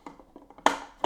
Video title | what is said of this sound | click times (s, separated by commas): Film Photography Intro Pt.2: Developing Black and White Film | there's a very positive click | 0.7 s